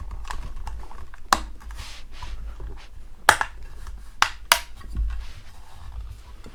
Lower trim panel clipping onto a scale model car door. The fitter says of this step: It's literally a case of pushing it into place until it clicks.